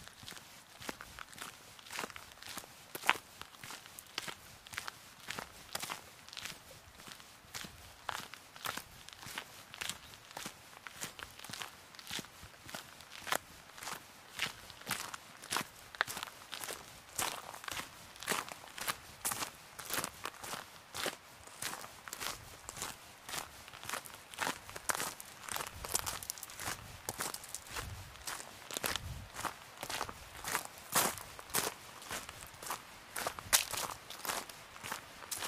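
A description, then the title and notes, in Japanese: Footsteps on an autumn mountain, crunching steadily at about two per second for the whole stretch, each step a sharp, bright crackle like dry leaves underfoot. The pace stays even, with a faint low hush beneath and no other sounds standing out. 環境音 昨年の秋山。初めての秋の山でした。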